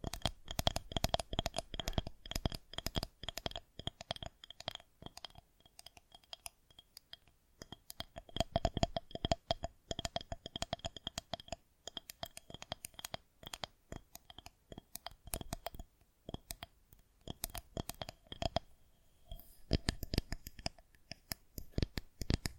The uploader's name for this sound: Tingly Sound Assortment